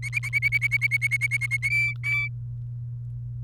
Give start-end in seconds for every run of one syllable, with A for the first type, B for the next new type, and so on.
0.03-1.69 A, 1.70-2.28 B